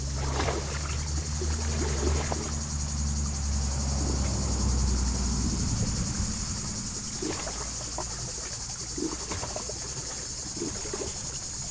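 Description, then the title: Cicada: continuous high, sizzling buzz of cicadas, with a passing vehicle's rumble in the first half and scattered water clicks and splashes. Cicadas very active in poplars at the water's edge of Lac du Bourget, France, on a hot summer day; water lapping on rocks and road traffic nearby. "Chem. de la Fontaine, Brison-Saint-Innocent, France - Les cigales"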